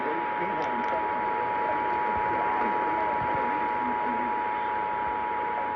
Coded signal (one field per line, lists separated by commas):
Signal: Emergency Alert System (SAME) tones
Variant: 853 and 960 Hz attention tone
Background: speech